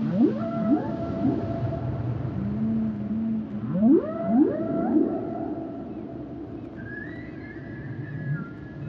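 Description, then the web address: Whale song: strong rising whoops with rich harmonics in bursts, flat low moans between, then a thin high wavering tone near the end. "Whale Songs Whales and Dolphins - whale nature sounds songs"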